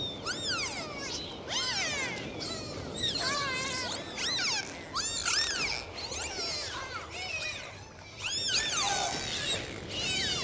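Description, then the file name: Dolphins whistling almost continuously, many overlapping looping and arching tones with harmonics, several callers at once, with steady hiss underneath. "Zvuki prirody - Delfiny"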